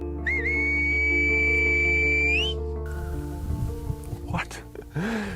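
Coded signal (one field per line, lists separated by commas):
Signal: whistled language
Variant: Silbo Gomero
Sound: a single loud whistle held near one pitch for two seconds, ending in an upward glide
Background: low hum, background noise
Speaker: these can often be heard on the mountains of la gomera but the islanders aren't just whistling for fun they are communicating with one another across great distances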